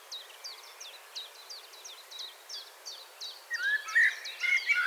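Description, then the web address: Common blackbird: louder fluty warbles and chatter over the last second and a half, after an uneven series of clipped, sharp high notes. "SETE data Turdus merula 181122"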